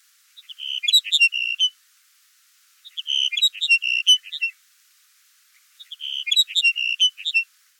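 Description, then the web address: Sagebrush sparrow singing three short, tinkling phrases of high, jumbled notes, each lasting about a second and a half, separated by pauses of just over a second. "Thumbs Plus Zoo Field Guide"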